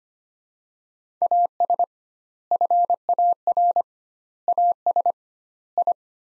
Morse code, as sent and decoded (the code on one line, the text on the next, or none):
.- ... / ..-. .- .-. / .- ... / ..
AS FAR AS I